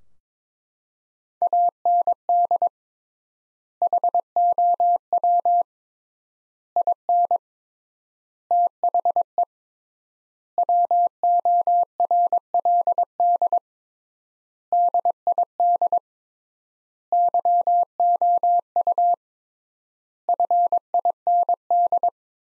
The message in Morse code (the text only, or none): AND HOW IN THE WORLD DID YOU FIND